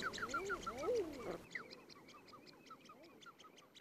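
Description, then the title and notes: Common Shelduck giving rapid whistled calls, louder at the start, then fainter whistled notes continuing quietly. "Ristisorsa. Juha Laaksonen. Yle"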